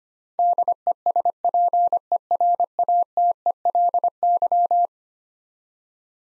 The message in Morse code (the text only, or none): DESPERATELY